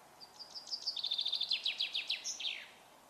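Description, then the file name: Common chaffinch song, starting with thin high notes, then a rapid descending rattle of repeated chips ending in a sharp terminal flourish. "Fringilla coelebs"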